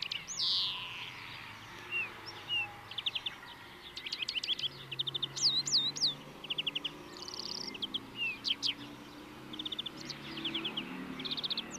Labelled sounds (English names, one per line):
European Greenfinch song